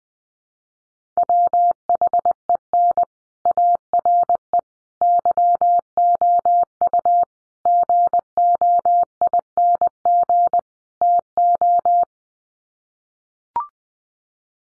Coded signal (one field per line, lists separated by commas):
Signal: Morse code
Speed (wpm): 20 wpm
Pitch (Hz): 700 Hz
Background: none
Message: WHEN ARE YOU GOING TO